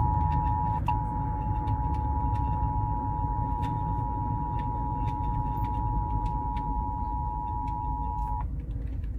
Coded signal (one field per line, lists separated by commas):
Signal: Emergency Alert System (SAME) tones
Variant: 853 and 960 Hz attention tone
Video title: Kidd and Cee Reacts To Rare and Disturbing EAS Alerts Explained